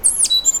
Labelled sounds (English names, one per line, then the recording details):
Stitchbird song
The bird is a male
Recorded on Tiritiri Matangi Island, New Zealand, in 2005
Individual 1, of nest box 1